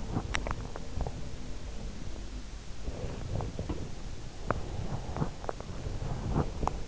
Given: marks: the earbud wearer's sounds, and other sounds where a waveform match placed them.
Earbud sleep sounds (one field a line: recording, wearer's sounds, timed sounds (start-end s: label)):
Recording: sounds in sleep by an in-ear microphone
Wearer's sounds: teeth grinding, breath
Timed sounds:
0.00-1.03 s: teeth grinding
4.68-6.73 s: breath